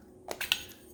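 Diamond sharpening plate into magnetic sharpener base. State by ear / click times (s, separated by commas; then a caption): seated / 0.3 s, 0.5 s. A metal diamond-coated sharpening plate is set into the base of a Work Sharp Guided Sharpening System, where rare earth magnets pull it home. Two sharp metallic clicks sound at 0.3 s and 0.5 s, the second much louder, and the plate is seated, held by the magnet.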